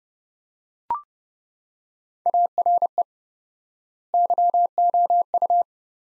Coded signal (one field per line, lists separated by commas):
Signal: Morse code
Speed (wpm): 30 wpm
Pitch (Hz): 700 Hz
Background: none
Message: ARE YOU